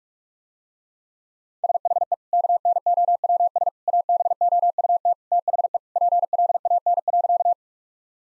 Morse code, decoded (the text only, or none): SHE KNOWS ABOUT THE PLAN.